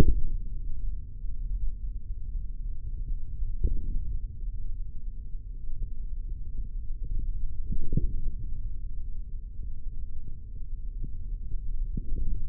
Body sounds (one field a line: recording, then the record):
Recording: forearm muscle sounds (acoustic myography)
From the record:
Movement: hand opening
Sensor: system 3, bracelet of six PUI Audio POM-2738L microphones around the upper forearm, with dedicated amplification and filtering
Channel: 2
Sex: male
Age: 43 years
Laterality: right